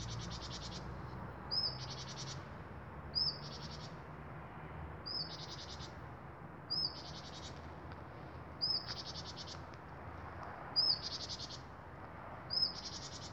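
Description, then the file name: Great tit calls repeated about every one and a half to two seconds: a brief high upslur followed by a dry, buzzy churr, over steady low rumble. "Parus major"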